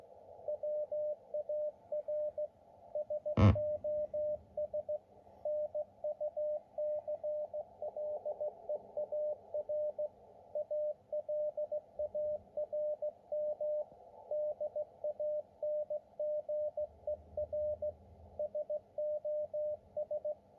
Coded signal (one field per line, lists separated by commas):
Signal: Morse code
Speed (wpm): 16 wpm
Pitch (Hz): 600 Hz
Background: radio noise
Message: WAR SOS NUCLEAR ALARM DANGER SOS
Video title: Ukranian SOS request heard on 40 meter amateur band in Morse code. Decoding at the bottom.